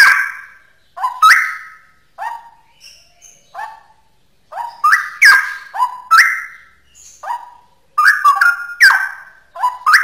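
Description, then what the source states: Straw-headed bulbul song: loud, rich bubbling whistled phrases in clusters separated by short pauses. Local name cucak rowo; song style called ropel; described as original.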